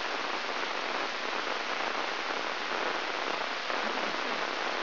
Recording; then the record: brain microelectrode recording played as sound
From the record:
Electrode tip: inside the subthalamic nucleus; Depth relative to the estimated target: -1 mm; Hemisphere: right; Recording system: AlphaMap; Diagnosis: Parkinson's disease